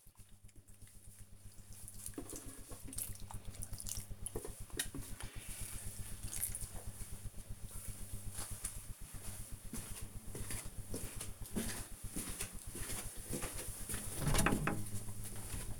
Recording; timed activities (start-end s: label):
household activities, microphone on the right wrist
0.00-15.80 s: watering plant